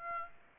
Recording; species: mosquito wingbeat signal from an infrared sensor; Aedes aegypti